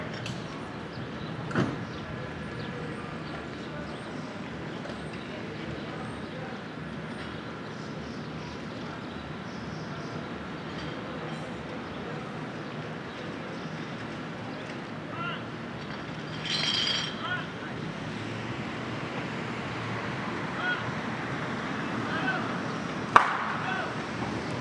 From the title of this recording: Brooklyn Morning